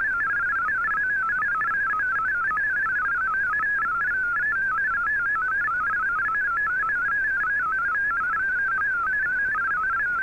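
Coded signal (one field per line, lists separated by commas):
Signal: multi-tone FSK (Olivia or MFSK type)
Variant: MFSK32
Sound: rapid warbling tone hopping quickly between many close pitches, steady and continuous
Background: radio static hiss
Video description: Here is my decode of the Shortwave Radiogram broadcast today on 15770Khz shortwave radio at 1300UTC in MFSK32 and 64 and with 9 SSTV images.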